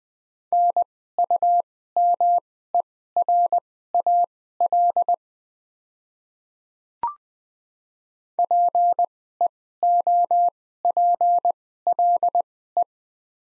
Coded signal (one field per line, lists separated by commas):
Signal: Morse code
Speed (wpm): 20 wpm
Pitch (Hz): 700 Hz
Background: none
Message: NUMERAL PEOPLE